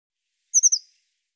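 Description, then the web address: Eurasian blue tit call: one quick phrase of three very high, thin notes sliding slightly downward, with silence around it. Cleaned and normalized audio. "cianscape birddata Deverinetal 2025 File cleaned normalized Bird Cy Ca"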